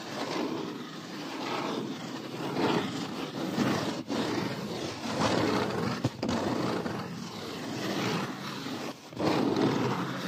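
Dense scratchy rubbing fills the recording almost without a break, like wood being sanded in quick, uneven strokes. The sound is full and gritty, strongest in the low-middle range, with brief pauses around four, six and nine seconds before the rubbing resumes.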